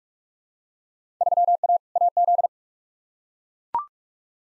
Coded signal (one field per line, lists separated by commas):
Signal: Morse code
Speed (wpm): 41 wpm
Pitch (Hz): 700 Hz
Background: none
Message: 3A AZ